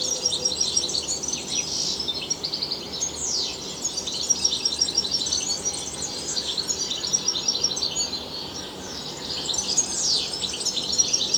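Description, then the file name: European goldfinch song, lively jingling twitter with repeated falling slurs and rapid chirps continuing throughout, over steady background noise. "Carduelis carduelis"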